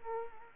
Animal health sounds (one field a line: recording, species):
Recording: mosquito wingbeat signal from an infrared sensor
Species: Culex quinquefasciatus